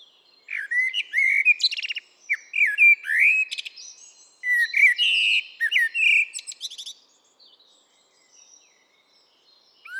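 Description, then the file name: Common blackbird song, several seconds of flowing whistled phrases mixed with chattering high twitters, then a quiet stretch before a final note. "Turdus merula"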